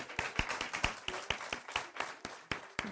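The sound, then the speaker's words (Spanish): A short burst of applause from a small group for an artist during a debate: sharp, crisp claps arriving in a quick, slightly uneven rhythm for a few seconds, with no voices over them. “Entonces, por estar acá deberíamos darle un aplauso, ¿no? Al artista, pero un voto de aplauso.”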